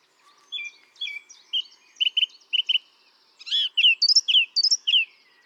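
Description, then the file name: Song thrush singing: a few short whistled notes and double notes, then brighter, higher slurred phrases, some of them repeated. "Turdus philomelos"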